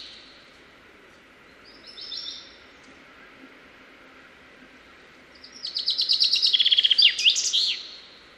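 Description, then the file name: Common chaffinch song: a brief high phrase near two seconds, then a full rapid trill of descending notes ending in a sharp flourish, over quiet background hiss. "Fringilla coelebs"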